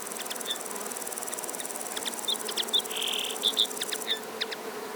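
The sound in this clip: Common linnet song, short chirps and twittered notes with a brief buzzy note midway, against a high continuous insect-like whine that stops near the end.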